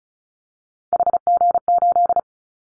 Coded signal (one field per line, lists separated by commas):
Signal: Morse code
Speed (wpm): 34 wpm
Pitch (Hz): 700 Hz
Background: none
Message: HG8